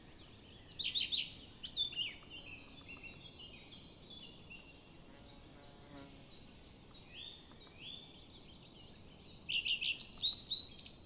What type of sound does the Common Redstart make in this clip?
song